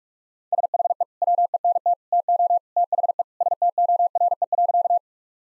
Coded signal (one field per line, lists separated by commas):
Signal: Morse code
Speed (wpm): 46 wpm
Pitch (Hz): 700 Hz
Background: none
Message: SHE WENT TO THE STORE.